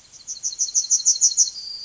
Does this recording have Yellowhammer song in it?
yes